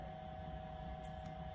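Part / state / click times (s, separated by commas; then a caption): waterproof headphone unit into its plastic goggle-strap clip / not seated / none. A swimmer lines a waterproof headphone unit up against its plastic goggle-strap clip and starts pushing it up into place. Only a steady hum with a constant mid tone and low rumble is heard, with faint brief hissy scrapes around 1.0 to 1.3 seconds. Nothing has seated or clicked yet.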